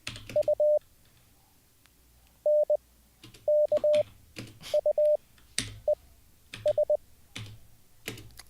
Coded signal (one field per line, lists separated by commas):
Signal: Morse code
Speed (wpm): 20 wpm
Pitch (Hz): 590 Hz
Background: none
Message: U N K U E S